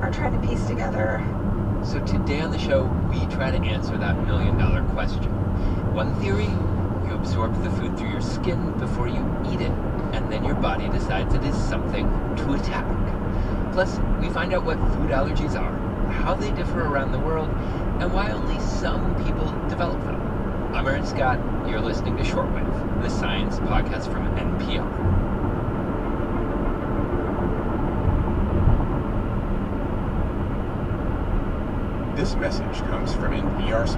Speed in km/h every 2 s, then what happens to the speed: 71, 68, 68, 76, 79, 82, 85, 85, 85, 89, 87, 89, 89, 89, 89, 90, 89.
4-12 speeds up to 85. 12-34 steady at about 89.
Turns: none.